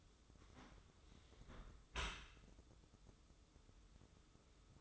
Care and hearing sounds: daily activity, microphone in the room; close dishwasher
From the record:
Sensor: 3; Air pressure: 995.8 hPa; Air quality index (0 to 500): 97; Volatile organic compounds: 13 ppm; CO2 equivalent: 2426 ppm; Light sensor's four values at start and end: 29/87/37/32 and 29/87/37/32

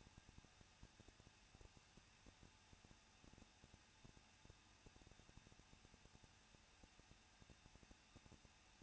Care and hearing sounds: daily activity, microphone in the room; no activity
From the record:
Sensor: 2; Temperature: 21.0 degrees Celsius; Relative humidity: 37.3%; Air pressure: 1006.2 hPa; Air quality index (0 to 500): 221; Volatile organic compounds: 24 ppm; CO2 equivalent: 2800 ppm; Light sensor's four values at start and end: 2/3/2/2 and 2/3/2/2

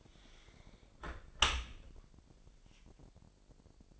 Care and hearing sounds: daily activity, microphone in the room; close dishwasher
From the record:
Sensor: 5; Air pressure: 1000.5 hPa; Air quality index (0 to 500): 249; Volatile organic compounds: 35 ppm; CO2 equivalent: 3058 ppm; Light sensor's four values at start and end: 31/71/28/27 and 31/72/29/27

